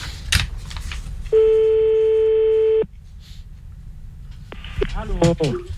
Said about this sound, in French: Tu veux faire le numéro, normalement, c'est parti. Ouais. Voilà, j'y mets le téléphone, voilà. Et puis on y va.